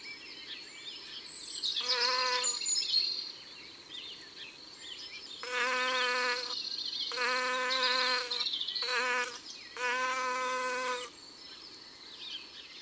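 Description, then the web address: Bee buzz in several separate bursts, each lasting up to about a second or two. "Labeille. album mon-imagier-sonore-de-la-nature"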